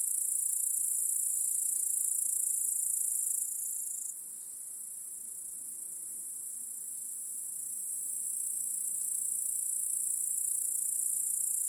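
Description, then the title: Crickets trill in a dense, high, unbroken chorus that dips in volume for a few seconds near the middle before swelling back. Cricket chorus in a home backyard at night. "Crickets in Your Backyard. Discovering the Sounds of Home"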